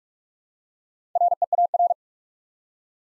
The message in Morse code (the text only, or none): REAR